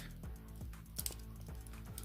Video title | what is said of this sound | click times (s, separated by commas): 07 Landmine Review! (RS) | And you shift them out until they click or soft click. | 1.1 s